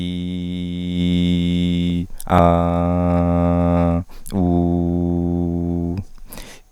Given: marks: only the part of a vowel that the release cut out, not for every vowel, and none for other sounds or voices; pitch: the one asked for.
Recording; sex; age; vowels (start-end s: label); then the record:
sustained vowels; male; 30 to 39 years
0.00-1.97 s: vowel /i/, normal pitch
2.40-3.94 s: vowel /a/, normal pitch
4.41-5.91 s: vowel /u/, normal pitch
From the record:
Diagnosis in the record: cluttering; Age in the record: 30 years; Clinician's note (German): Larynx strobosk. o.B.